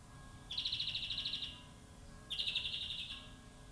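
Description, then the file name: European greenfinch calling with two rapid, evenly pulsed buzzy trills, each lasting close to a second, separated by a short pause. "Chloris chloris"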